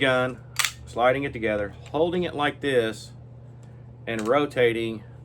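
Someone talks while reassembling a SIG P320 pistol, sliding the slide assembly onto the frame and beginning to rotate the steel takedown lever toward its locked position. Between phrases there is only a quiet, steady background hum. The takedown lever has not yet seated or clicked into place.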